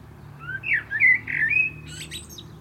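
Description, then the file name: Common blackbird song, several rounded whistled notes rising and falling, finished with a thin, scratchy high twitter. "Turdus merula"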